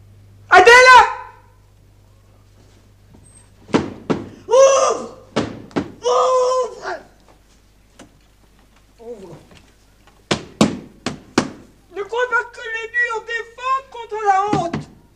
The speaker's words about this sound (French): C'est un marteau.